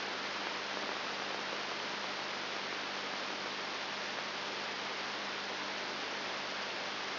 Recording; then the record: brain microelectrode recording played as sound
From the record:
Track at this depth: inside the subthalamic nucleus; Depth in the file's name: 5.101 mm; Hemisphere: left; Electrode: 3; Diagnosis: Parkinson's disease